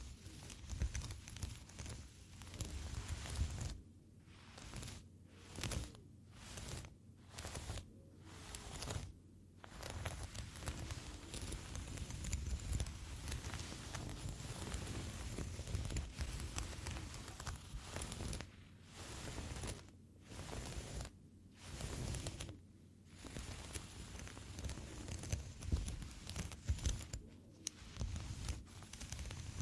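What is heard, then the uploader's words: Foam being squeezed and rubbed makes a dense, soft crackling rustle with a low thump underneath. Between about 4 and 9 seconds, and again near 19 to 23 seconds, the sound comes in regular pulses separated by brief silences, then settles back into steady rubbing. Triggers For Relaxation (Tapping, Foam, Scratching, NO TALKING).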